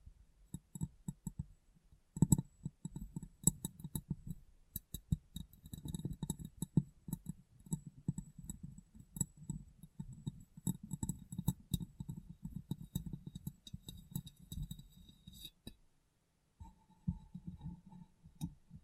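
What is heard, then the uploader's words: Glass being tapped and cleaned, with quick, irregular taps and soft rubbing strokes running almost without pause. The sound is mostly low and dull, with faint thin clicks and bright specks above. A sharp knock lands near 2 seconds, and there is a brief lull around 16 seconds. ASMR Glass Brain Tapping & Cleaning (No Talking).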